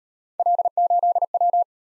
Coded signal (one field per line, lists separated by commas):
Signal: Morse code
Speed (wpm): 38 wpm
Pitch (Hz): 700 Hz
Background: none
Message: L8W